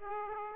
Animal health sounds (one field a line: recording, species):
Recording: mosquito wingbeat signal from an infrared sensor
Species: Aedes aegypti